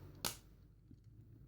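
A silver plastic sliding piece in the arm of a Takara Transformers Masterpiece MP-26 Road Rage action figure is pushed into place. A single sharp, bright click rings out at 0.3 s over a low, quiet background hum. This second slide piece clicks home, and both pieces are confirmed seated.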